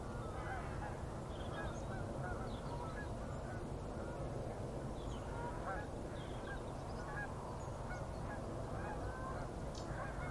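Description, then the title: Goose: geese honking in a dense, continuous chorus, many overlapping nasal calls throughout with no pause, a steady low rumble of background noise underneath. Gaggles of geese in fields by the River Thame, England, UK, morning of 23 September 2023, excited by floodwater across the meadows. "Gaggles of geese, River Thame, England, UK on 23rd September 2023 – by Paul Ridout"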